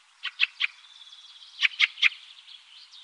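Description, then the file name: Fieldfare calling with two short groups of three hoarse, clipped chack notes about a second apart. "Bjorktrast"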